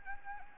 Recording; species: mosquito wingbeat signal from an infrared sensor; Anopheles gambiae